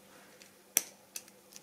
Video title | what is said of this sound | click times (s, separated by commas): INSTALLATION FREIN HYDRAULIQUE SHIMANO BL-M4100 AV ET AR | vas jusqu'au clic et ça bouge plus donc | 0.8 s